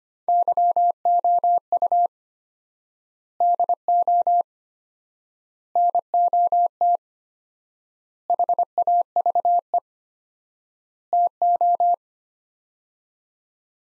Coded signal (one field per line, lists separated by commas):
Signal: Morse code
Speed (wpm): 25 wpm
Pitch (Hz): 700 Hz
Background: none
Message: YOU DO NOT HAVE TO